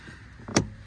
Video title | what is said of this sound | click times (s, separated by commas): Ford Bronco Premium All Weather Floor Liners | And there you go, clicks right into position. | 0.6 s